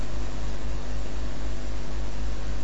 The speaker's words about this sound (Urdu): وہ پنکھا ہی بند کر دیں.